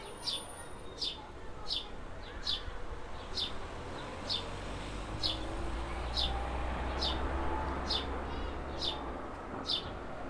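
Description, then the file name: House sparrow repeating short bright chirps about every half second to second, over a low traffic-like rumble. "Passer domesticus"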